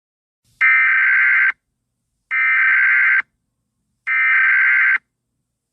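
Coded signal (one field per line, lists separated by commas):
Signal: Emergency Alert System (SAME) tones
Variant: header bursts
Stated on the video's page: Mock (simulated) tribute alert, a remake made for entertainment; the real EAS was not used.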